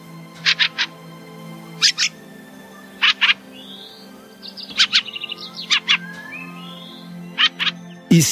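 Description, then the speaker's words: Fieldfare giving harsh chak-chak calls in short clusters, mixed with a few squeaky, thin notes. "Сейчас вы слышите голос дрозда-рябинника."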